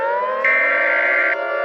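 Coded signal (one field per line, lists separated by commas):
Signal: Emergency Alert System (SAME) tones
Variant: header bursts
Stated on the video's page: Fictional EAS scenario, a simulated alert rather than a real broadcast.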